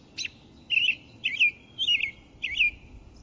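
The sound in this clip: American robin singing a sharp note, then a quick run of four warbled, whistled phrases about half a second apart, with a soft low rumble underneath.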